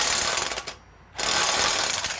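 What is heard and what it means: A power or impact tool hammers loudly at stuck steel bolts on a D16Y7 engine block, cuts out into a brief near-silence around 0.8 to 1.2 seconds, then bursts back in at 1.2 seconds and keeps rattling to the end. The bolts strip under the tool.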